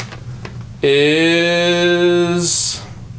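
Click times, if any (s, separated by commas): none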